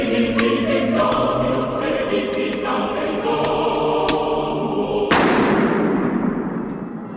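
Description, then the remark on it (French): Film soundtrack carbine gunfire as a man shoots his partner and then himself: a sustained, droning musical bed with a few sharp, faint cracks, then one loud, broad blast at the end that trails off in a noisy rumble. “Après ces coups de feu, le film se conclut par une scène où l'on voit le patriarche Brazé assister tranquillement à une partie de tennis avec son clan.”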